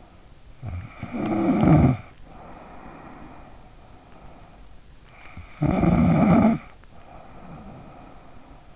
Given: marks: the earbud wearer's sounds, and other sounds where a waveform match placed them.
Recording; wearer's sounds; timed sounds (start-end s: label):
sounds in sleep by an in-ear microphone; snoring breath
0.02-3.62 s: snoring breath
4.88-8.76 s: snoring breath